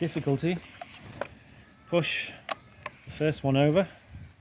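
Someone talks while handling the first plastic line holder clip on the head of a Honda straight-shaft string trimmer, pushing it over toward its place. Brief handling taps are heard near 0.8 s and 1.2 s between the speech, but nothing has seated or clicked yet when the clip ends.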